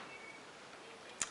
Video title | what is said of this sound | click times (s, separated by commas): Sewing Machine Basics | and i'm going to place it straight back in until it feels like it locks in place | 1.2 s